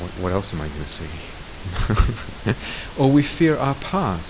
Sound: laughs